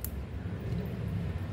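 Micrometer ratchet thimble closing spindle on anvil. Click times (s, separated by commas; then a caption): 0.0 s. The ratchet thimble of a manual micrometer is turned until the spindle closes on the anvil, and a single sharp click at 0.04 s confirms the ratchet has reached measuring force. The reading shows zero, and a steady low rumble continues underneath.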